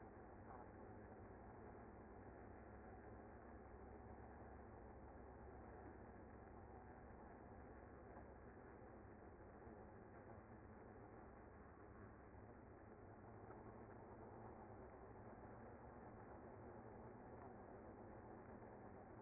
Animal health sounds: honeybee colony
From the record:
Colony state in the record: active

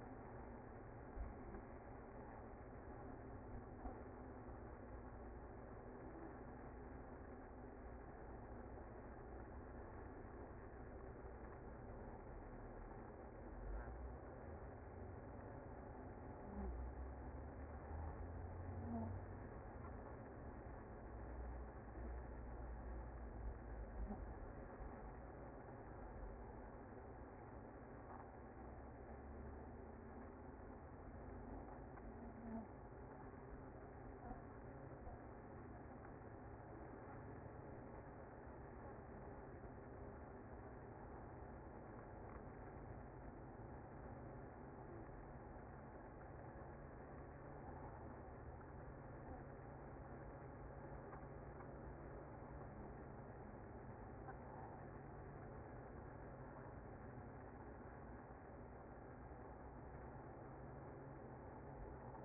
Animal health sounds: honeybee colony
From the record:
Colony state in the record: active

